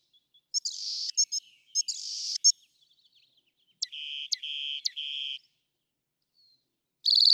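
Rock wren song: high buzzy bursts with clicks, then three evenly spaced ringing notes, ending in a sudden loud harsh note.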